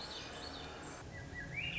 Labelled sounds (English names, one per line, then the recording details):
Swainson's Thrush
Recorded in Sonoma County, California